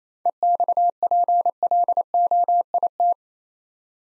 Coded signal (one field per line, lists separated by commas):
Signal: Morse code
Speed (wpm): 27 wpm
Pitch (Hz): 700 Hz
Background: none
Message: EXPLOIT